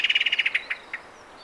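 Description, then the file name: Common blackbird's rapid rattling call: about nine quick, even notes in about half a second, then two slower trailing notes before silence. "Turdus merula"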